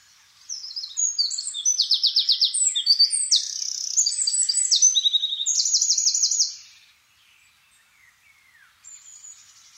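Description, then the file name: Eurasian wren song: an energetic burst of high trills and buzzy rattles lasting about six seconds, followed by quiet with faint chirps. "Troglodytes troglodytes"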